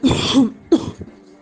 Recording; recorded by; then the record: voluntary cough; messaging app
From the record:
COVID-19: negative